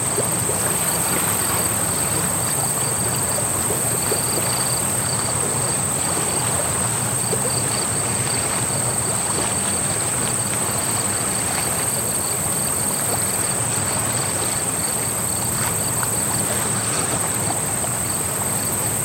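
Crickets trill in a steady, high, unbroken band over the gentle wash of a running creek, with frogs faint in the background. The night sound stays constant and dense for the whole stretch, with a soft low rumble underneath and no sudden events.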